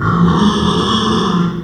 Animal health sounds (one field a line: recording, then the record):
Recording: squeal of a Yucatan mini pig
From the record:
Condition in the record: after surgery on the right vocal fold (resection and tissue-engineered implant)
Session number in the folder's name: 16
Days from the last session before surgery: 183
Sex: female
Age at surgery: 19 weeks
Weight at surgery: 25 kg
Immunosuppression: prednisolone